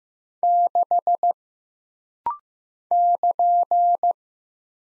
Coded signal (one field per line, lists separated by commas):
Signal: Morse code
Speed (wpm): 15 wpm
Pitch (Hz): 700 Hz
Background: none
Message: 6 <KN>